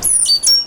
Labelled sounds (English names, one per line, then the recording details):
Stitchbird song
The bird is a male
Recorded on Tiritiri Matangi Island, New Zealand, in 2005
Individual 9, of nest box 11